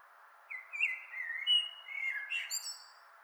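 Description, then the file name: Common blackbird song phrase: several rich fluting whistles rising and falling, closing with a high twittering tail, against a continuous hiss. "Turdus merula"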